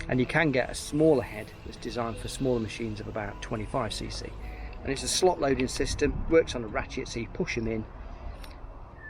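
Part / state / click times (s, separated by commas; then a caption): plastic cutting blade into brushcutter trimmer head slot / seated / 8.4 s. A serrated plastic cutting blade is pushed into the slot of a ratcheting brushcutter trimmer head, a slot-loading head designed for smaller machines of about 25cc. Someone talks throughout, and a short click at 8.4 seconds marks the blade clicking into place in the slot.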